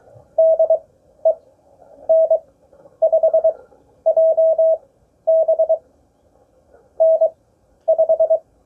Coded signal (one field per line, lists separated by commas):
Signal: Morse code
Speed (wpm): 19 wpm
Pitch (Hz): 690 Hz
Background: none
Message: DE N5JB N5